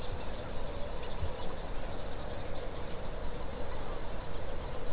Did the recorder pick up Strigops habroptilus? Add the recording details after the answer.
no. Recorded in New Zealand. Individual Stumpy